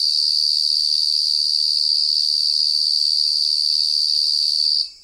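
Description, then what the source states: Cicada call: a loud, continuous high buzzing drone holding steady without pause, then cutting off abruptly just before the end. Obnoxiously loud cicada calling at dusk in the savanna at South Luangwa; recorded with Sony PCM A10 and Lom mikroUsi microphones.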